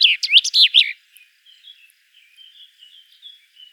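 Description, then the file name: Common chaffinch giving a brief burst of loud, steeply slurred notes, followed by soft, scattered high chirps. "Fringilla coelebs"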